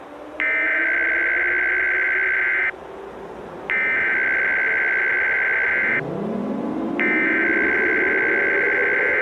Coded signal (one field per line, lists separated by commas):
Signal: Emergency Alert System (SAME) tones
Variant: header bursts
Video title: EAS Scenario / Analog & Digital Horror - Day Zero